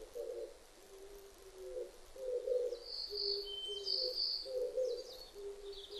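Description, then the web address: Oriental turtle dove cooing in low, hoarse phrases repeated throughout, with higher chirps from other birds above. Recorded on 19 April 2005. "2005 050419 kijibato"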